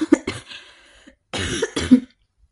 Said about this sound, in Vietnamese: Bà ho khan mấy tiếng.